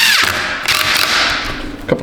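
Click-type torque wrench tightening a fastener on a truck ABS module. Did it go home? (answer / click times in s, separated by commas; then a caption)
yes / 1.9 s. A click-type torque wrench tightens a hand-started fastener on the ABS pump motor/module assembly of a GMC Sierra truck, with steady broadband ratcheting and scraping noise throughout. A sharp click at 1.9 s shows the wrench has reached its torque setting.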